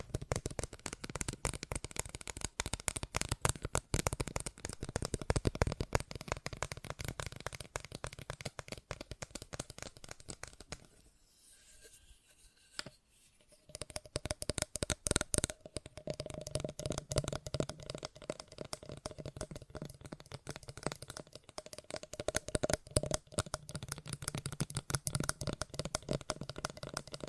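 Fast tapping with fingertips, a dense, rapid stream of sharp little clicks and knocks running almost continuously. The pace is uneven, sometimes thicker and louder, and around eleven to fourteen seconds it drops to a sparse, quiet patch before the tapping picks up again.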